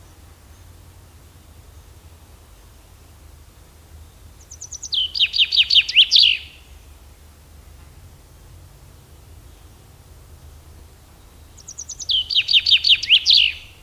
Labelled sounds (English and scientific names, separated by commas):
Common Chaffinch (Fringilla coelebs) song